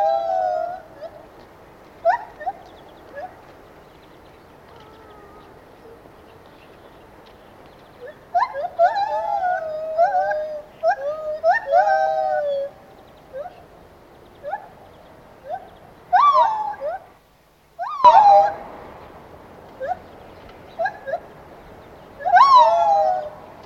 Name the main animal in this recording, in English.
Lar Gibbon